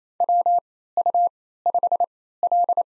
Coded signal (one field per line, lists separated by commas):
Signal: Morse code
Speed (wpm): 28 wpm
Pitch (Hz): 700 Hz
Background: none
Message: WU5L